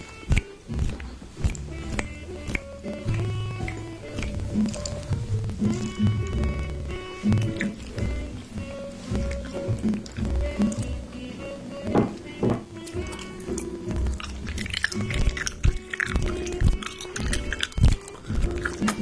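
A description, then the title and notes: Mouth sounds fill the clip: wet smacks, clicks and chewing-like squelches, with short tonal hums and grunts woven through. Activity is dense and irregular throughout, with sharper loud clicks clustering near the end. Mouth Sounds.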